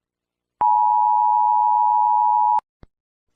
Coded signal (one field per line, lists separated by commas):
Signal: Emergency Alert System (SAME) tones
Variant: 853 and 960 Hz attention tone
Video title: Mr incredible becoming uncanny EAS alarms part 2 (read desc)